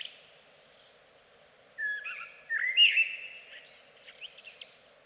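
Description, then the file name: Eurasian blackbird singing a single fluted, warbled phrase that trails off into soft, high squeaky notes. "Amsel Bird Blackbird"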